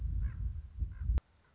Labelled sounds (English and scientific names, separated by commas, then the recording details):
Common Raven (Corvus corax)
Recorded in Sonoma County, California